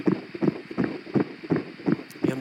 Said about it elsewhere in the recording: That is 12 and a half weeks along, I understand. There's the heartbeat.